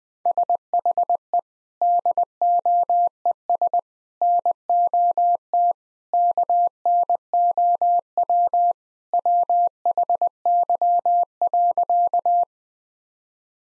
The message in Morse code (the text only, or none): SHE DOES NOT KNOW WHY.